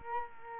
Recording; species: mosquito wingbeat signal from an infrared sensor; Culex quinquefasciatus